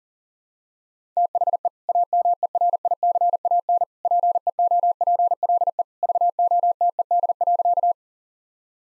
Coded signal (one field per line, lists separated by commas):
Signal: Morse code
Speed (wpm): 40 wpm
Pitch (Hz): 700 Hz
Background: none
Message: THE AMERICAN PEOPLE VOTED.